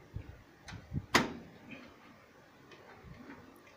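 An expansion card is lowered onto its motherboard slot and pressed in, with soft handling knocks and scrapes before a sharp, loud click at 1.2 s as it seats. The card drops onto the port without needing much pressure and is secured, followed by a few faint rustles.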